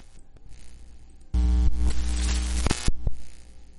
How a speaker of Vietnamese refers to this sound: Điện đó ở trong phòng học cũng tự nhiên chớp nháy rèn rẹt liên tục, vang lên những cái tiếng vô cùng kinh sợ